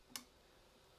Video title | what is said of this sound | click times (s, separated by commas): School of Nock Season 2: #9, How to Fit Arrow Nocks | decide your arrow check your nock fit you want to hear that click | 0.2 s